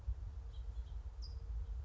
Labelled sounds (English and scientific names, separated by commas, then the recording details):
California Towhee (Melozone crissalis)
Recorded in Sonoma County, California